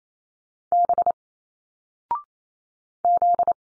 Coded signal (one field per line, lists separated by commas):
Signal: Morse code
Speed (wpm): 28 wpm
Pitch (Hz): 700 Hz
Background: none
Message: B Z